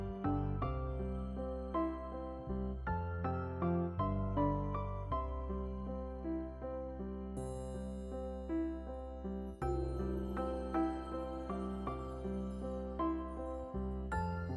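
A gentle melody plays over deep, sustained bass notes, with soft tones plucked or struck every half second or so. The chords shift slowly every few seconds, and from about the middle onward a faint bright shimmer rises above the warm, steady music.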